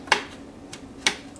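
A metal safety selector lever on a Colt AR-15A4 rifle lower receiver is rotated between safe and fire. Two sharp, bright detent clicks sound at 0.1 s and 1.1 s, with fainter ticks in between. The selector snaps firmly into position each time with no play.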